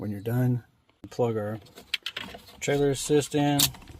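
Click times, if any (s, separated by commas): none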